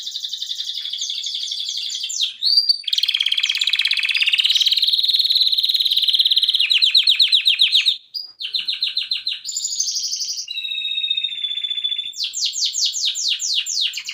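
Canary song of rolling high trills that change pace and pitch, with short breaks, a sweeping whistle and a final fast, bright trill.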